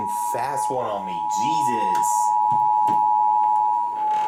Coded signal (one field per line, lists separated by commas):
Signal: Emergency Alert System (SAME) tones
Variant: 853 and 960 Hz attention tone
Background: speech